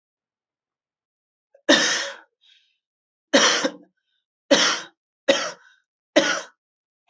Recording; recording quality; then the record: heavy voluntary cough; excellent, no background noise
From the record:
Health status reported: healthy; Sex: male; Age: 30 years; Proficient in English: yes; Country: India